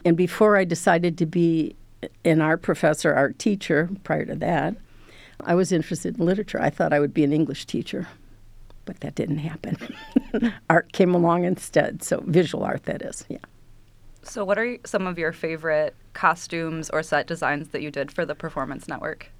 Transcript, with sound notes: Before I decided to be an art professor, art teacher, prior to that, I was interested in literature. I thought I would be an English teacher, but that didn't [LAUGHTER] Art came along instead, so visual art that is.
What are some of your favorite costumes or set designs that you did for the Performance Network?